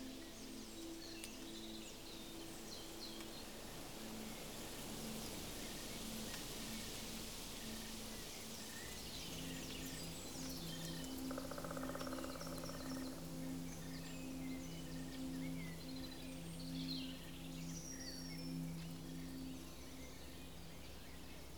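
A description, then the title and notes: Outdoors in the woods, a steady low hum of traffic or machinery runs throughout, with a deeper drone joining partway through. Birds call intermittently in the high range, brief chirps scattered across the clip. A walk in the woods.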